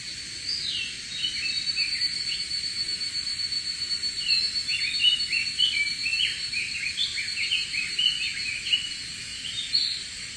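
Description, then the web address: Evening cicada giving a continuous shrill high-pitched sound throughout, with many quick chirping notes over it. Recorded 8 July 2011. "insect si higurasi 20110708"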